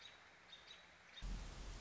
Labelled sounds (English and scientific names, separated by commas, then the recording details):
American Robin (Turdus migratorius)
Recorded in Sonoma County, California